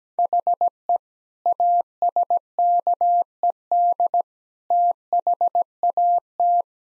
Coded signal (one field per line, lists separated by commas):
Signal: Morse code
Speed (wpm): 17 wpm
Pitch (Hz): 700 Hz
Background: none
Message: HE ASKED THAT